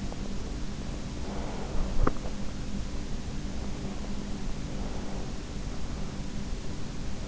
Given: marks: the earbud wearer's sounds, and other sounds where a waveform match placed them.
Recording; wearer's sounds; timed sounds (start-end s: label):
sounds in sleep by an in-ear microphone; breath, teeth grinding
1.11-2.66 s: breath
1.82-2.41 s: teeth grinding
3.66-5.58 s: breath